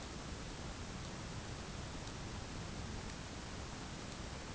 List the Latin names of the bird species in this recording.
none